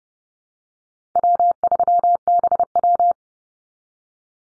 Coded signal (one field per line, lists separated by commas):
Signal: Morse code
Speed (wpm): 30 wpm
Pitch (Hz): 700 Hz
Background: none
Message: W3BW